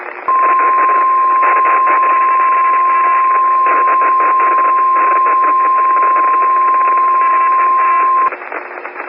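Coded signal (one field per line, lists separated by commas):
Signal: Emergency Alert System (SAME) tones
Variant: 1050 Hz attention tone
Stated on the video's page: EAS tones ripped from an existing source, used in a fictional nuclear attack recreation.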